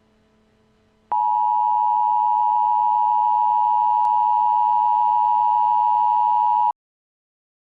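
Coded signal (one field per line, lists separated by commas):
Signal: Emergency Alert System (SAME) tones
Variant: 853 and 960 Hz attention tone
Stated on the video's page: Fictional EAS scenario.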